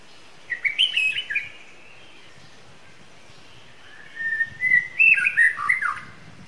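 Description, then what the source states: White-rumped shama song, two bursts of bright whistles and quick slurred notes with a pause of a few seconds between them. Song of a wild bird in forest.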